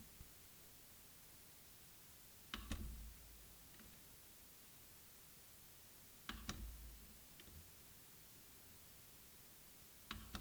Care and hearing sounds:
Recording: daily activity, guitar pickup as the sensor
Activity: manipulate door

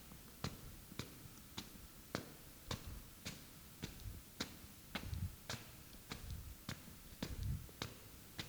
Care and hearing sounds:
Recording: daily activity, guitar pickup as the sensor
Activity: walk

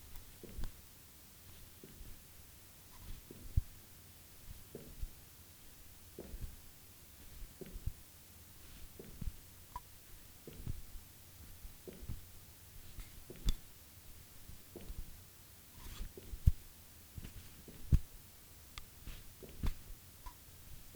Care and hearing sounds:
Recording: daily activity, guitar pickup as the sensor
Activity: jump

